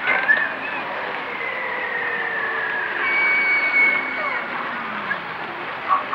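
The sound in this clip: Whale calls, faint layered sweeping tones and a thin steady whistle midway, drifting up and down over a constant hiss, with a short squeal near the end.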